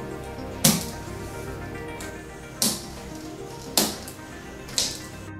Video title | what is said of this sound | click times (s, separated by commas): Puerto único. Instalación OCTOPORT. JJP Hospitalaria | you place them in the right position and push them hard until you hear the snap sound | 0.7 s, 2.6 s, 3.8 s, 4.8 s